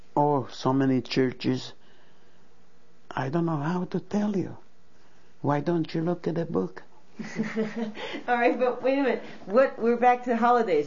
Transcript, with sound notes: oh, so many churches. I don't know how to tell you. Why don't you look at the book? ( they laugh )
All right. But, wait a minute. We're back to holidays.